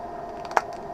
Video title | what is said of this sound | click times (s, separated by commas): The Artman's Persol 3107 with Bifocal Transitions XTRAactive Gray and Crizal Sapphire 360 Lenses | down the nose it snaps right in | 0.6 s